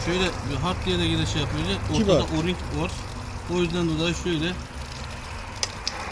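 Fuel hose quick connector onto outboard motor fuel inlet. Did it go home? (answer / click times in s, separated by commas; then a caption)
yes / 5.6 s, 5.9 s. Someone talks as a fuel hose quick connector with an O-ring inside is pushed onto the fuel inlet of a Tohatsu 9.9 outboard motor. Short, sharp clicks sound at 5.6 s and 5.9 s as the connector locks into place, and it is confirmed seated.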